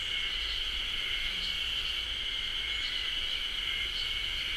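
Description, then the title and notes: Ezo haru cicadas buzzing together in a steady, continuous high drone with no pauses. Chorus in a beech forest, Japan; recorded with a ZOOM H6. "ブナ林のエゾハルゼミの合唱です。"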